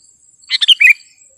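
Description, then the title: Sooty-headed bulbul song, a single quick phrase of bubbly, slightly descending chirps lasting half a second, with a faint high whine behind. "kutilang"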